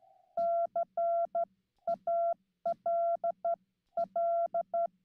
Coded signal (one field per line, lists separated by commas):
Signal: Morse code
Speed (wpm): 12 wpm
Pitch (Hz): 680 Hz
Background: none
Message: CALL